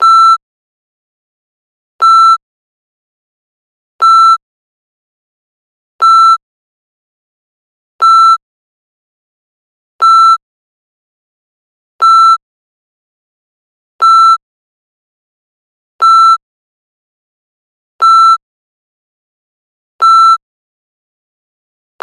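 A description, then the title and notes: A short electronic beep sounds every two seconds, eleven times in 22 seconds, each one a single steady mid-high tone with faint higher overtones. Between the beeps there is complete silence, with no other sounds. Beep Test - 1 Minute.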